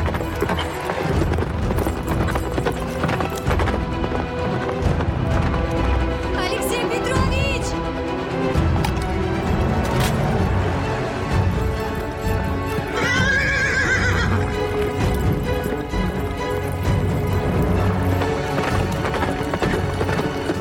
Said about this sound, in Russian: Представительный мужчина на лошади догоняет